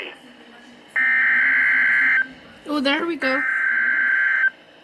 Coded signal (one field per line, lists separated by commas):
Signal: Emergency Alert System (SAME) tones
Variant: header bursts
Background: speech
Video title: EAS 4 Severe Thunderstorm Watch WEDNESDAY MAY 1 2019